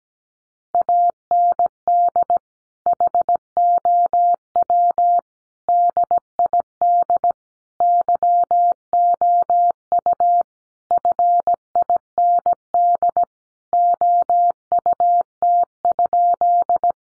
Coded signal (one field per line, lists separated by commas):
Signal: Morse code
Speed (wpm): 17 wpm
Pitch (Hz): 700 Hz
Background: none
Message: AND HOW DID YOU FIND OUT?